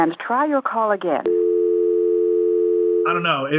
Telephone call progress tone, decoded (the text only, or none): dial tone